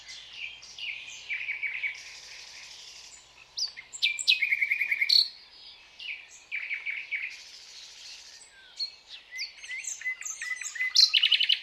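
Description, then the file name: Common nightingale singing continuously, mixing rich whistles, rapid chattering trills and sharp repeated notes, with loud bursts near the middle and end. "Luscinia megarhynchos"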